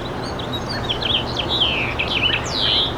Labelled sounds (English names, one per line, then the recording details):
House Finch song
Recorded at East Quogue on Long Island, New York, on 29 May 2013
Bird C